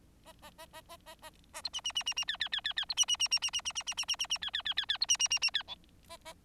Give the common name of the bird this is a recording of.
Bengalese Finch